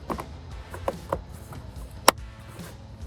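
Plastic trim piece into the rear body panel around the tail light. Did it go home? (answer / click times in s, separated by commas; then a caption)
yes / 2.1 s. A plastic trim piece is pressed into the rear body panel around an Oracle Flush Mount LED tail light with black housing and clear lens on a Jeep Wrangler JL, with music playing in the background. Several softer taps and knocks come first, then one loud, sharp snap at 2.1 s as the trim piece clip seats home.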